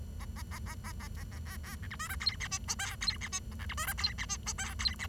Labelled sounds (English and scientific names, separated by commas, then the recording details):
Bengalese Finch (Lonchura striata domestica) song
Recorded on 23 June 2012 at 09:20
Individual gr41rd51